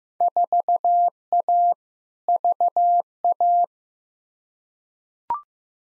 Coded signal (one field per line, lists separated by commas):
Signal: Morse code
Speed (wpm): 15 wpm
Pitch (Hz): 700 Hz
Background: none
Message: 4A VA